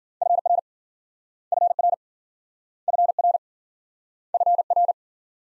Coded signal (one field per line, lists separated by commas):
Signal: Morse code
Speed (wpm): 47 wpm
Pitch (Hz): 700 Hz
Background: none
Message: FR FR FR FR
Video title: Multi-letter Phonemes - Speed-Racing - 40wpm